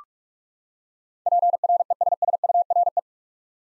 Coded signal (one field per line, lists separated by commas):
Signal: Morse code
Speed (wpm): 42 wpm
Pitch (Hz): 700 Hz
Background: none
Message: PRESSURE